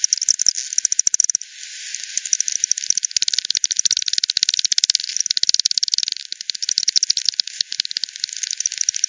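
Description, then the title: Bats giving rapid clicking pulse trains, a brief lull early on, then continuous overlapping ticks building to denser bursts. Multiple bats at Hogsmill River, Hogsmill Lane, 7 October 2020, 18:10; bat-detector recording frequency-divided by 10, band-pass filtered and resampled. "WW bat 20201007 T 18 : 10 Z-Hogsmill-Lane-Hogsmill-River-multiple-bats"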